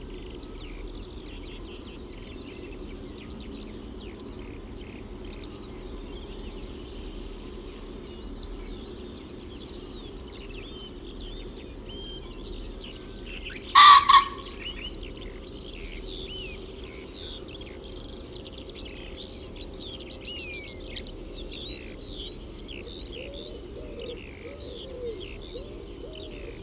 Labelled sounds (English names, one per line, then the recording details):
Common Pheasant call
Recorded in the wild
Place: Schönfeld, Brandenburg, DE
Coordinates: 53.396, 14.001
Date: 1988-06-17
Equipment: Nagra III BH, Sennheiser MD 21, parabola
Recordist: Schubert, Michael